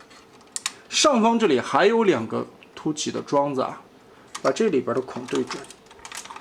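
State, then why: Not seated. Someone talks while lining up two raised plastic pegs on the foot section of a 01studio Primus alternate-colour Transformers robot toy with the holes in its leg/hip panel. Faint handling ticks and taps, including two sharp ones near 0.6 s, are heard under the speech. Nothing has seated or clicked yet; the clip ends before the pegs are pressed home.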